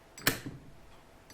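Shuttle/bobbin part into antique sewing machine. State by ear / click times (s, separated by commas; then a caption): not seated / none. A part on a 1908 sewing machine, probably the shuttle or bobbin case, is pushed into place, making a faint tap at about 0.2 s, a sharp brief tick at 0.3 s, and a soft knock near 1.3 s. The part is not engaged and would come undone; nothing has seated or clicked into place yet.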